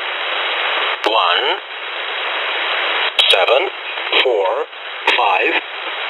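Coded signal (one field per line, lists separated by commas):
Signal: numbers station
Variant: E07 English Man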